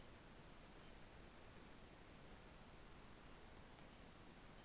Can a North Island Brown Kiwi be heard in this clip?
no